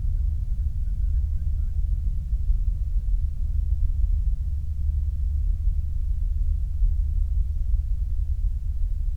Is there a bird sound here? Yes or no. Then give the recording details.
no. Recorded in the Prudhoe Bay oil fields, Alaska, on 8 July 2019 at 06:10. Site 25